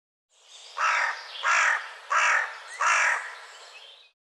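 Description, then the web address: Bird calling four times, rough raspy caws in quick succession, evenly spaced, with no other sounds. "cianscape birddata Deverinetal"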